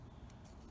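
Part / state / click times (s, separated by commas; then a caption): door lock retaining clip onto lock cylinder in truck door / seated / 0.3 s. A metal spring clip that holds the door lock cylinder is pushed onto the lock's little ears inside a 1981 Chevy truck door. A small, sharp click at 0.3 s marks the clip snapping into place over a low, steady background rumble. The retaining clip is seated.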